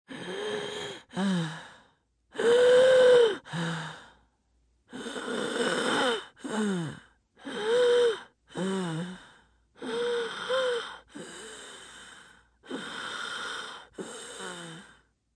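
About six paired breaths, in and out, come at roughly 24 a minute. Each carries a whistling, musical tone that rises and falls within the breath. This is an acted wheeze from a middle-aged woman, a sound effect of a sick person, a sign of narrowed airways.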